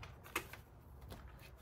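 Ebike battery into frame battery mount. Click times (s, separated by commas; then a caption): 0.4 s. An ebike battery on a Haoqi Antelope Fat Tire is pushed into its frame battery mount until it snaps in and locks. A sharp click at 0.4 s stands out between fainter ticks. The battery is seated and locked in place.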